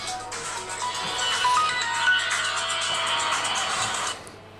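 A mobile phone rings during a live broadcast with a bright, busy electronic ringtone that plays steadily for about four seconds before cutting off, over a low constant hum, with no one speaking.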